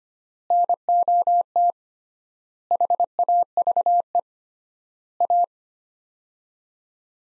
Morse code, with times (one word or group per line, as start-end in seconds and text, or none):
0.5-1.7 NOT
2.7-4.2 HAVE
5.2-5.4 A